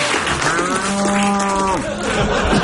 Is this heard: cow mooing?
yes